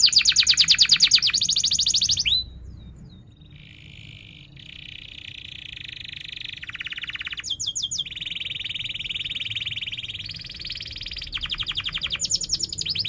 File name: Suara Kenari Gacor Cuit Cuit Ngerol Tajam